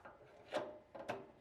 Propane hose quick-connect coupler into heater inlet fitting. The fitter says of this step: once it's clicked into place